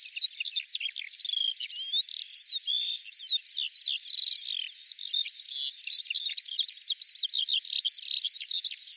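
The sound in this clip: Bird song of quick high chirps mixed with longer rising and falling whistled slurs, delivered in a steady unbroken flow.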